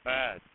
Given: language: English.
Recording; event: throat vibration sensor signal played as sound; speech